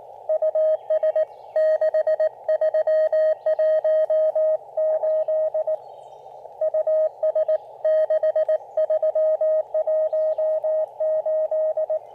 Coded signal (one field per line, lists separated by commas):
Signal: Morse code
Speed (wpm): 20 wpm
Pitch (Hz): 590 Hz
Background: radio noise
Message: US 6318 US6318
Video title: Soggy POTA: Even propagation can't dampen my POTA spirit with the Elecraft KX2 and AX1 combo!